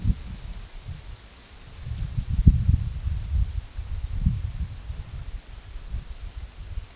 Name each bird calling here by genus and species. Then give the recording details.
none. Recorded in pastures near Puerto Asís, Putumayo, Colombia, on 21 February 2024 at 10:00. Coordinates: 0.486, -76.323. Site G6462